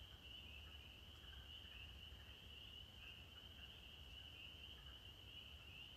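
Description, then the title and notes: Spring peeper chorus, a dense, continuous high-pitched band of overlapping peeps, steady throughout with soft low background rumble. Males singing at dusk to attract mates; evening chorus in Maine, April 15, 2023, after the winter freeze, heard from a porch; sounds like sleigh bells from deep in the woods. "April 15, 2023. the sound of the spring peepers, or pseudacris crucifer"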